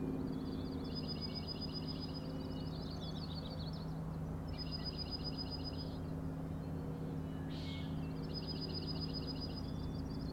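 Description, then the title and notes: Common nighthawk: three rapid high rattles spaced a few seconds apart and one short buzzy peent, steady low hum throughout. Three birds, June 16 2017, 4am, Schoodic Head overlook, Acadia National Park, Winter Harbor, Maine; flying close formation, peenting, rattling, passing very close to recordist. "Common Nighthawks, Schoodic Head 061617 4am. 3 common nighthawks making peenting calls and wings booms but also a rattling noise at the Overlook (410 ft) on Schoodic Head (435 feet) Schoodic division Acadia National Park Winter Harbor, ME"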